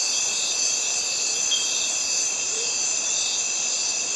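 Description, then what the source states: Cicadas drone in a constant high, rasping chorus, steady and even throughout. Cicadas recorded together with birds in a Mediterranean forest.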